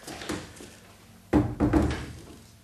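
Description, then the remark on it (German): A door shuts with two solid, fairly loud thuds in quick succession, like the slab hitting the frame and the latch catching, after a few soft shuffling sounds. “War jetzt die falsche Tür doch die richtige Tür?”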